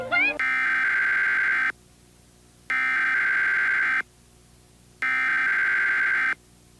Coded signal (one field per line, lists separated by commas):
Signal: Emergency Alert System (SAME) tones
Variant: header bursts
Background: speech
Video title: EAS Scenario - Showbiz Pizza